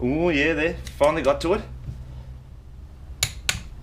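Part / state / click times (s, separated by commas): torque wrench on engine bolt / torque reached / 3.2 s, 3.5 s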